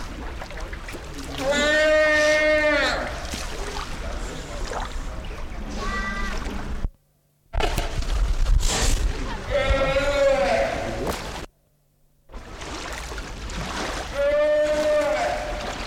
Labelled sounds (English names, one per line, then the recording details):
Humboldt Penguin call
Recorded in captivity
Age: adult
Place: Zoo Berlin, Berlin, DE
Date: 1993-01-01 13:22
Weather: sonnig, -6°C
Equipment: Marantz CP 430, Sennheiser ME 80, Kopie Uher Variocord 263
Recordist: Tembrock, Günter
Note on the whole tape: Langlaute und Lautfolgen mehrerer Exemplare